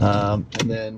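While reassembling after a cabin air filter change on a Lexus LX 470/Toyota Land Cruiser, a plastic dash or glove box area trim panel is handled as it is pressed back toward its dashboard clips. Someone talks throughout, with a brief burst of broadband noise around 0.5–0.65 s. Nothing has seated or clicked into place yet.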